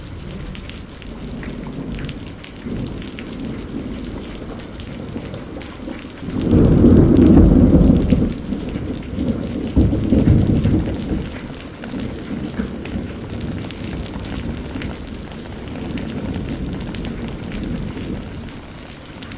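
A spring rainstorm falls steadily, a dense hiss of rain on surfaces with scattered drips throughout. A deep, rolling rumble of thunder swells around seven seconds and lingers past ten, then fades back under the continuous patter.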